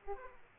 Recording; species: mosquito wingbeat signal from an infrared sensor; Aedes aegypti